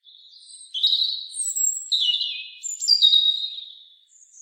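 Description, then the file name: European robin song, a sweet, high phrase of sliding, wavering notes that drop and rise, delivered in a liquid trickle over about three seconds. "Erithacus rubecula"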